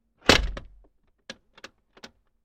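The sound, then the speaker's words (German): A bedroom door is slammed shut by a sister with a loud, booming thud that quickly fades, then a few sharp little clicks follow in pairs as the lock is turned. “Sofort wird die Tür zugeschlagen und verschlossen.”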